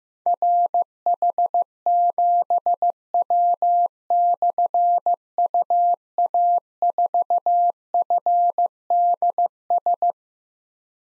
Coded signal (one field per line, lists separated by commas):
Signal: Morse code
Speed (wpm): 15 wpm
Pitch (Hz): 700 Hz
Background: none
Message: RH7W/UA4FDS